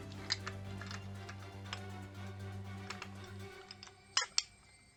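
The assembled piece of a model robot kit is turned over and the plastic right ankle part is pressed onto its pegs in the plastic foot, with a steady low hum and faint ticks of handling early on. Two sharp plastic snaps at 4.2 s and 4.4 s mark the ankle part seating, and it fits together.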